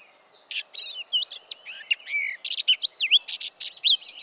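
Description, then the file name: Eurasian blackcap song: a quick sequence of clear whistled slurs and short scratchy notes, rising and falling, with a steady low hiss behind. "Sylvia atricapilla"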